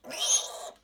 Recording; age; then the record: pig call; piglet (1 to 25 days)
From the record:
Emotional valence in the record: negative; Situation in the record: restrain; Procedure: back test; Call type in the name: high-frequency call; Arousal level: maximum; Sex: female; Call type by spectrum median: high-frequency call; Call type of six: high-frequency stable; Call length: 0.84 s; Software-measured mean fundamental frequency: 172 Hz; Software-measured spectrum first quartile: 2908 Hz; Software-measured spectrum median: 5451 Hz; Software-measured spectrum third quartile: 6586 Hz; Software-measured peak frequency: 6493 Hz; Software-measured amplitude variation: 163 dB a second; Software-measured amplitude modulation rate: 16.1 a second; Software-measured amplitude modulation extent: 10.1 dB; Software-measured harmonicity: 5.8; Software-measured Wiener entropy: -2.23